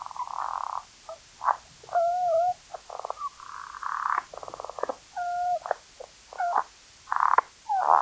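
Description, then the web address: Tarahumara frog giving grating, pulsed croaks and short clicks in bursts of under a second, separated by brief silences. North America. "Songs of Frogs Toads of North America. Tarahumara Frog"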